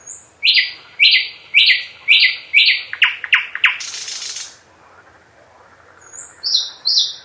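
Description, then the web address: Nightingale singing a run of loud repeated whistled notes that speed into a dry rattling trill, followed after a pause by high sweet whistles. "Physics is fun. slowik"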